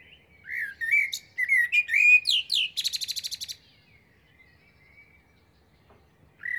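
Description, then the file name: Common blackbird song phrase: a low, flutelike warble climbing into high squeaks, ending with a fast, even rattle of notes, then quiet before another phrase starts. "Turdus merula"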